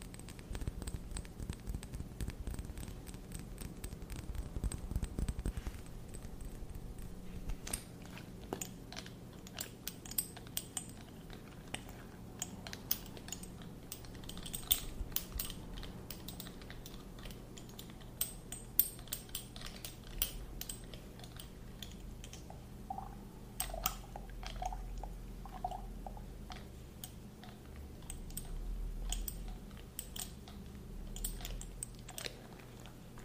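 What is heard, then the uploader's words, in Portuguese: A small dropper is handled, giving a steady run of light clicks, taps and tiny plastic clatters, dense and irregular throughout. A low hum sits underneath, and around the middle of the recording a few brief squeaky tones appear. ASMR focado em sons com o objeto: conta-gotas.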